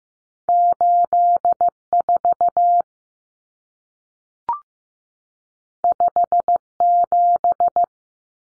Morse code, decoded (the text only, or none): 84 57